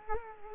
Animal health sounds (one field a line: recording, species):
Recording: mosquito wingbeat signal from an infrared sensor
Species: Culex quinquefasciatus